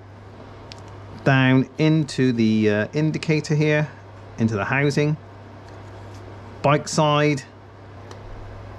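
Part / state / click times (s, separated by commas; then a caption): wiring connector into motorcycle indicator housing / seated / 8.1 s. A bike-side wiring connector is pushed into a Weiser Technik Extreme Evo indicator housing on a BMW R1250R motorcycle while someone talks. It clicks at 8.1 s as it goes fully home at the end of the push, showing it is seated all the way in.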